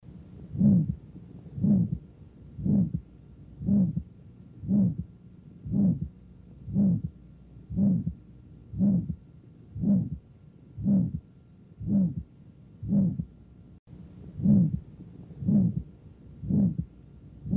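Adult heart by stethoscope diaphragm at the right upper sternal border, about 59 beats per minute. Aortic stenosis murmur from turbulent flow across a rigid aortic valve: a high-frequency, impure, rough murmur with many pitches, rising in intensity through mid-systole then dying out before an audible second heart sound; a mid-systolic murmur.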